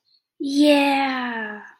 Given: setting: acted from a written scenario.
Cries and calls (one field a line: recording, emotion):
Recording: vocal sound without words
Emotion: ecstasy